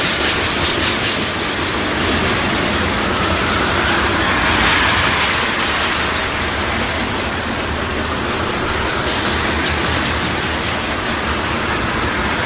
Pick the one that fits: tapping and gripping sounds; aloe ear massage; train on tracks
train on tracks